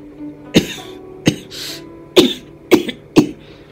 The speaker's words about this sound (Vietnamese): Đột nhiên y lại ho lên.